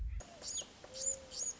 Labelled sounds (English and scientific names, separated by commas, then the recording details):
Mourning Dove (Zenaida macroura)
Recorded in Sonoma County, California